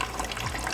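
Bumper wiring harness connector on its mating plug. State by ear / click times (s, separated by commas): released / 0.0 s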